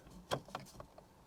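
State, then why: Not seated. A FitcamX dash camera's plastic cover on a 2022 Honda Civic is handled and pushed up toward the headliner trim so its clips can go in, giving brief plastic taps and rustles around 0.3 s and 0.55 s. Nothing has seated or clicked yet.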